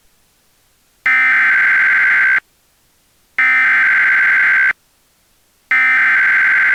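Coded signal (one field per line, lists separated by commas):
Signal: Emergency Alert System (SAME) tones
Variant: header bursts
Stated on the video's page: Fictional EAS scenario, simulated alert.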